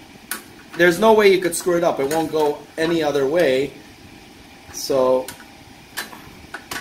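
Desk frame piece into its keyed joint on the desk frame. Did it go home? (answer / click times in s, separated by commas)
yes / 6.5 s, 6.7 s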